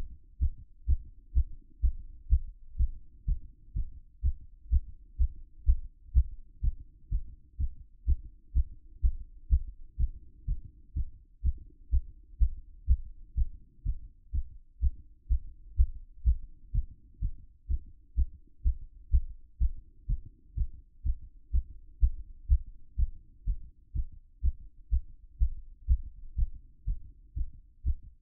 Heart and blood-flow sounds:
heart sounds by stethoscope; 124 bpm
0.38 s: heartbeat
0.86 s: heartbeat
1.33 s: heartbeat
1.80 s: heartbeat
2.28 s: heartbeat
2.76 s: heartbeat
3.25 s: heartbeat
3.73 s: heartbeat
4.21 s: heartbeat
4.69 s: heartbeat
5.17 s: heartbeat
5.64 s: heartbeat
6.12 s: heartbeat
6.60 s: heartbeat
7.09 s: heartbeat
7.57 s: heartbeat
8.05 s: heartbeat
8.52 s: heartbeat
9.00 s: heartbeat
9.48 s: heartbeat
9.96 s: heartbeat
10.45 s: heartbeat
10.93 s: heartbeat
11.41 s: heartbeat
11.89 s: heartbeat
12.37 s: heartbeat
12.86 s: heartbeat
13.34 s: heartbeat
13.83 s: heartbeat
14.31 s: heartbeat
14.79 s: heartbeat
15.27 s: heartbeat
15.75 s: heartbeat
16.23 s: heartbeat
16.71 s: heartbeat
17.19 s: heartbeat
17.67 s: heartbeat
18.14 s: heartbeat
18.62 s: heartbeat
19.09 s: heartbeat
19.57 s: heartbeat
20.06 s: heartbeat
20.54 s: heartbeat
21.02 s: heartbeat
21.51 s: heartbeat
21.99 s: heartbeat
22.47 s: heartbeat
22.95 s: heartbeat
23.44 s: heartbeat
23.92 s: heartbeat
24.41 s: heartbeat
24.89 s: heartbeat
25.37 s: heartbeat
25.86 s: heartbeat
26.35 s: heartbeat
26.84 s: heartbeat
27.33 s: heartbeat
27.83 s: heartbeat
From the record:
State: after exercise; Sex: male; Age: 37 years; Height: 180 cm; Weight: 87 kg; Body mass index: 26.85

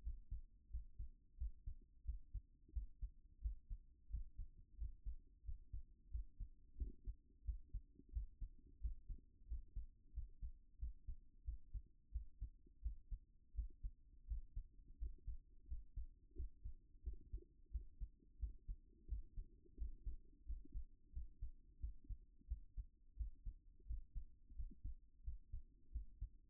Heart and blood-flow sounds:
heart sounds by stethoscope; 88 bpm
0.01 s: heartbeat
0.69 s: heartbeat
1.36 s: heartbeat
2.03 s: heartbeat
2.71 s: heartbeat
3.40 s: heartbeat
4.08 s: heartbeat
4.76 s: heartbeat
5.43 s: heartbeat
6.09 s: heartbeat
6.76 s: heartbeat
7.43 s: heartbeat
8.11 s: heartbeat
8.79 s: heartbeat
9.46 s: heartbeat
10.12 s: heartbeat
10.77 s: heartbeat
11.43 s: heartbeat
12.10 s: heartbeat
12.80 s: heartbeat
13.53 s: heartbeat
14.25 s: heartbeat
14.97 s: heartbeat
15.66 s: heartbeat
16.34 s: heartbeat
17.02 s: heartbeat
17.70 s: heartbeat
18.38 s: heartbeat
19.06 s: heartbeat
19.76 s: heartbeat
20.44 s: heartbeat
21.11 s: heartbeat
21.78 s: heartbeat
22.46 s: heartbeat
23.15 s: heartbeat
23.85 s: heartbeat
24.54 s: heartbeat
25.22 s: heartbeat
25.90 s: heartbeat
From the record:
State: at rest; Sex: male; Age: 40 years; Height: 190 cm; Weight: 114 kg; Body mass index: 31.58

